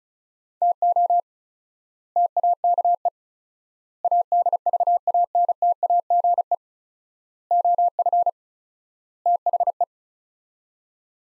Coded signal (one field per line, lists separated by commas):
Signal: Morse code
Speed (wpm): 34 wpm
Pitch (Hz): 700 Hz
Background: none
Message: TO TAKE ADVANTAGE OF THE